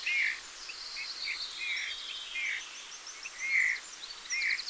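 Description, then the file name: Eurasian bullfinch giving soft, low piping whistles, several notes scattered throughout, with high twittering from other small birds above. "Pyrrhula pyrrhula"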